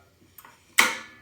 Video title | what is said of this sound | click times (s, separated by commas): How to STRING A TENNIS RACQUET For BEGINNERS [Real-Time Tutorial] | click. Little click. That means you've pulled tension. | 0.8 s